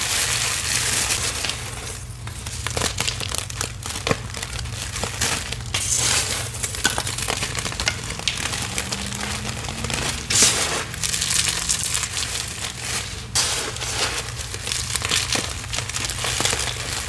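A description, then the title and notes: Gritty gym chalk crushed, dense crackling crunches throughout with sharper snaps near two, six, ten and thirteen seconds. Confetti Reforms + Deep Blue Dyed Chalk Chunks. Crispy, gritty gym chalk crushing sounds, confetti gym chalk reforms, a deep blue dyed gym chalk chunks crushes to perfection.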